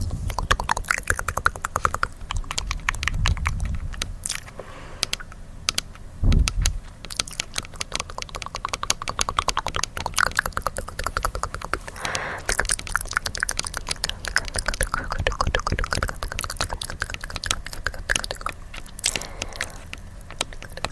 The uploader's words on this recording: ASMR Tingly Tascam Mouth Sounds (Breathy, Tktk, Tapping, Hand Movements).